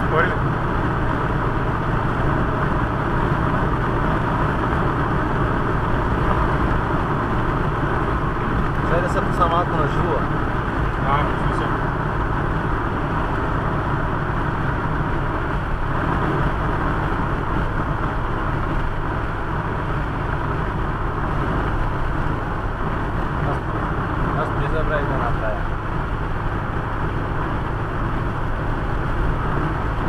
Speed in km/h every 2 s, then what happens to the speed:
108, 107, 108, 106, 103, 101, 99, 99, 97, 97, 97, 97, 98, 98, 100.
0-16 slows to 97. 16-30 steady at about 97.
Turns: none.